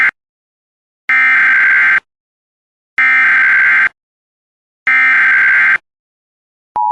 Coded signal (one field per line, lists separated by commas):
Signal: Emergency Alert System (SAME) tones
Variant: header bursts